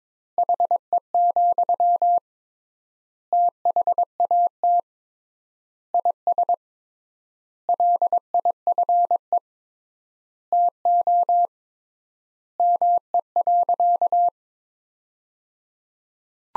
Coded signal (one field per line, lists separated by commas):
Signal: Morse code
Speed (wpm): 21 wpm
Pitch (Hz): 700 Hz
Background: none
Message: HE, THAT IS LIFE TO ME.